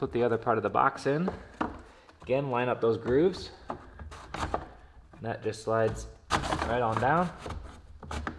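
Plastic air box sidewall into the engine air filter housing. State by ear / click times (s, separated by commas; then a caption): not seated / none. A plastic air box sidewall is slid down along its grooves into the engine air filter housing of a Porsche Macan S while someone talks. Brief plastic handling knocks are heard around 3.7 to 4.5 seconds and again near 8.0 to 8.3 seconds. Nothing has seated or clicked yet.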